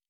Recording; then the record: hydrophone in a shrimp aquaculture tank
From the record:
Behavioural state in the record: normal